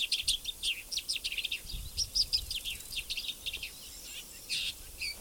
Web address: sound Woodchat